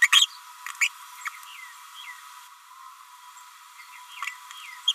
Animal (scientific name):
Forpus passerinus